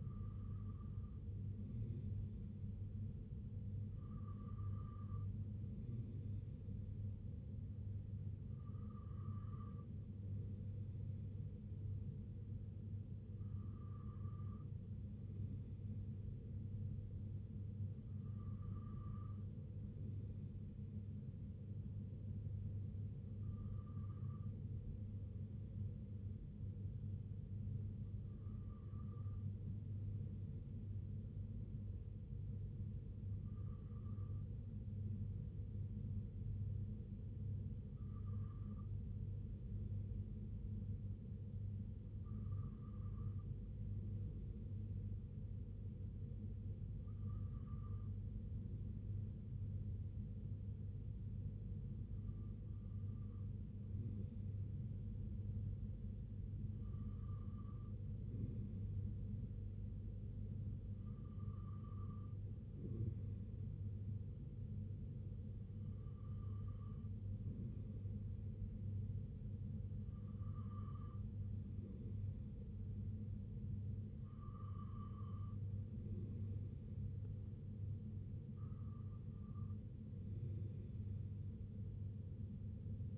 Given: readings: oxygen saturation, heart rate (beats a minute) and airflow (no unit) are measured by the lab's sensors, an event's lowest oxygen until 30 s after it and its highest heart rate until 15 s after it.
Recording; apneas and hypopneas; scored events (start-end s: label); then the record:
breathing in sleep by a smartphone at the bedside; 1
36.00-76.60 s: hypopnea (N2, oxygen 96% highest, then 93% lowest, heart rate 58 at the start, 69 highest)
68.00-83.18 s: new sleep stage, REM sleep
From the record:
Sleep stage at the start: N2 (light sleep); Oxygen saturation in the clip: 94 to 96%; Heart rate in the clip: 58 to 69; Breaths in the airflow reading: 18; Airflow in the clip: -4.6 to 2.9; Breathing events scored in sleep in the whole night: 258 in 7.4 hours asleep